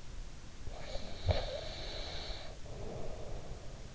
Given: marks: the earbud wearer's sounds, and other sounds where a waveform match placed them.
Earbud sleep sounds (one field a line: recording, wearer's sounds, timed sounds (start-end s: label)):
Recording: sounds in sleep by an in-ear microphone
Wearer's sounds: breath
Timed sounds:
0.50-3.88 s: breath